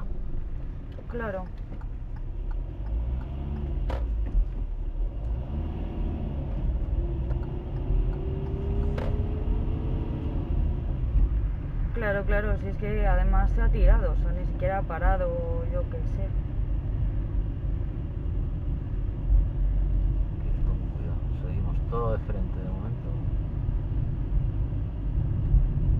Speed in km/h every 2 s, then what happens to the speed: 8, 7, 6, 9, 20, 20, 21, 23, 23, 21, 23, 23, 21.
0-6 steady at about 7. 6-8 speeds up to 20. 8-26 steady at about 21.